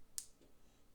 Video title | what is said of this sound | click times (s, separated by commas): PURCHASING SERIES #53: Inspecting The Machine I Won At Auction To Assess Whether It was It Worth It! | There's a little clicking sound. That's a happy sound. | 0.2 s